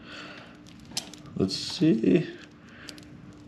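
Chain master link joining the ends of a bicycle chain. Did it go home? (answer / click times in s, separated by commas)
yes / 2.9 s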